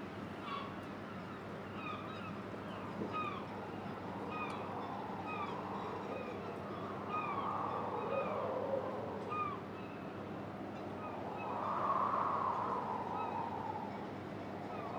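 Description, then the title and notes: Gulls calling, short arched mewing notes repeated throughout over steady wind roar and metallic rattling, with a louder gust of noise near the end. Recorded on a quay in Boulogne-sur-Mer, France, with wind, a rattling metal structure and clinking pleasure boats. "9 Quai Thurot, 62200 Boulogne-sur-Mer, France - Mouettes, vent et structure métallique. Mouettes, vent et structure métallique, cliquetis des bateaux de plaisance."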